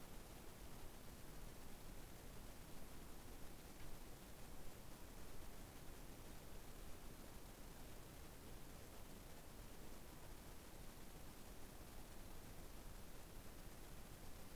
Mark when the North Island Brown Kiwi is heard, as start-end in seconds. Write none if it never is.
none